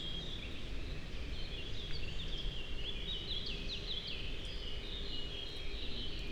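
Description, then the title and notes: Eurasian blackcap song, a fast warbling phrase of varied chattering notes, faint over a steady low rumble. Several birds recorded in passing in the heart of the Forêt de Chautagne, on a wide drivable track near roads, Serrières-en-Chautagne, France; Dodotronic stereo parabola (EM172), Zoom H4n pro. "Forêt de Chautagne - Serrières-en-Chautagne, France - Fauvette à tete noire. j'enregistre "au vol" ces fauvettes à tete noire. Merci à Marc Namblard pour les identifications"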